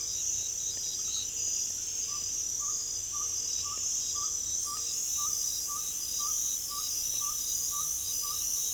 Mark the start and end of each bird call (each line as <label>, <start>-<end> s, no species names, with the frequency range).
bird call (0.7-1.6 kHz), 2.00-8.74 s